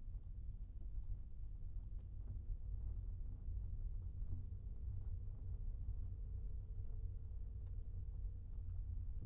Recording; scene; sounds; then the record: everyday scene through a hearing-aid microphone; in a vehicle; engine, rumble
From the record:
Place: Skoda Fabia, gasoline engine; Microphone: behind the ear, right, front